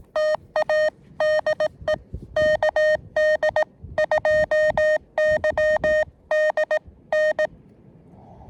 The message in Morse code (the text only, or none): TA DE KD2YDN